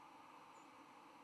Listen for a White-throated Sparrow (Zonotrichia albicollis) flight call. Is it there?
yes